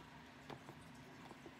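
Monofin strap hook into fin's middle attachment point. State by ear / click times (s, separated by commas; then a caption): not seated / none. A replacement strap hook is being worked onto the middle attachment point of a Finis Rapid monofin's foot pocket. Over a steady low background hum, two soft handling taps land at about 0.5 s and 0.7 s, with fainter rustles afterward. The hook has not yet clicked or seated by the end of the clip.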